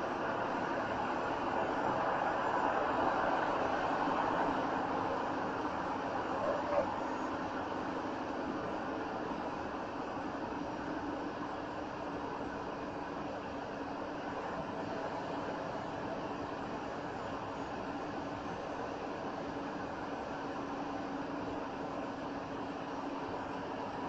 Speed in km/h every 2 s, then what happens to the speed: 68, 68, 69, 69, 66, 61, 61, 61, 61, 61, 61, 61.
0-6 steady at about 68. 6-10 slows to 61. 10-24 steady at about 61.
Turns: none.